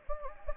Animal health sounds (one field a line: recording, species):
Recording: mosquito wingbeat signal from an infrared sensor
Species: Anopheles gambiae